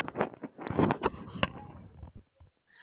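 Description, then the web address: Koala bellow, a loud series of rapid, rasping pulses like snoring belches that fade out after about two seconds. Citizen science recording dated 2 4 2021, 8:44:49 AM. "Koala CS HMCrecordings 2 4 2021 Save Trial"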